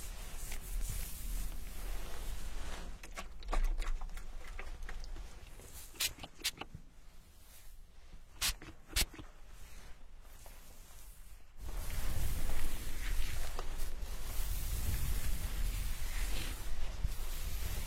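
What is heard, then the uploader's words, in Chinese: Immersive hair washing and scalp massage: dense rubbing and scratching at first, then quieter with sharp brief taps around six to nine seconds, before rubbing returns. 沉浸式洗头体验 & 头皮按摩。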